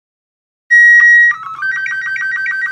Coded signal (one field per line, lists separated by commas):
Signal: SSTV (slow-scan television)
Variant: Robot 12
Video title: Send and Receive pictures VIA SOUND SSTV